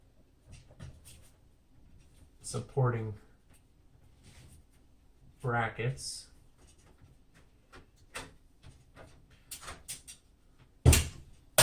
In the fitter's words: satisfying snap as it all goes into place